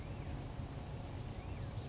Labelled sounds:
California Towhee (Melozone crissalis)
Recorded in Sonoma County, California

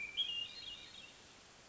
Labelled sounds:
Hermit Thrush (Catharus guttatus)
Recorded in Sonoma County, California

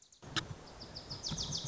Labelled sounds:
Wilson's Warbler (Cardellina pusilla)
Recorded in Sonoma County, California

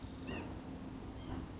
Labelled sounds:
White-breasted Nuthatch (Sitta carolinensis)
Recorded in Sonoma County, California

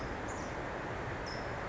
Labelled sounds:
California Towhee (Melozone crissalis)
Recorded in Sonoma County, California

